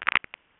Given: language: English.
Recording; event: throat vibration sensor signal played as sound; swallow